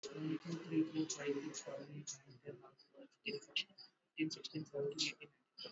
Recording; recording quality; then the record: counting at a fast pace; poor, much background noise or distortion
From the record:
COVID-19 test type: RT-PCR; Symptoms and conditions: cough, cold, fever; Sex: male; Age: 26 years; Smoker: no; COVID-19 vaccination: both doses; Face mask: worn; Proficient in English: yes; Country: India